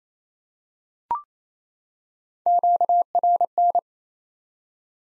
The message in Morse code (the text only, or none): QRN